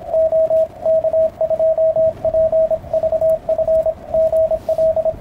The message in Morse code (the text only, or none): OK2PVF GL